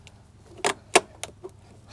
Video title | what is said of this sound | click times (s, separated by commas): Vlog 99 - Goliath Offroad GX470 Rock Sliders | so this should just click right into place. | 1.0 s